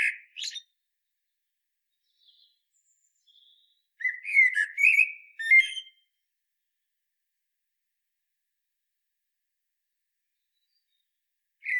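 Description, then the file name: Common blackbird song: a short high note at the start, then after a pause a burst of fluty whistles and squeaky twitters, another whistle beginning at the end. "Turdus merula"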